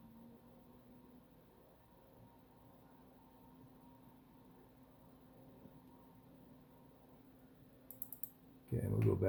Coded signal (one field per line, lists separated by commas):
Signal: FT8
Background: speech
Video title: FT-8 on 80 meters at 0300 in the morning working Asia and north America from the west coast.